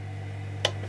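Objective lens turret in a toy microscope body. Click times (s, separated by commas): 0.6 s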